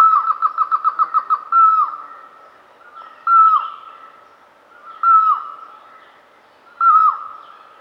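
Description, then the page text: Red-vented barbet duet: a fast series of pulsed notes, then loud downslurred notes spaced well apart. "Red-Vented Barbet Duet. Quick Sounds"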